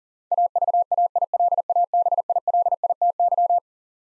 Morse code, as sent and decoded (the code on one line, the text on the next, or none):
.- ...- .- .. .-.. .- -... .. .-.. .. - -.--
AVAILABILITY